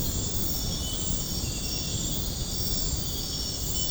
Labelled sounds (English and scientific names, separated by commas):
none